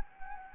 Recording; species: mosquito wingbeat signal from an infrared sensor; Anopheles gambiae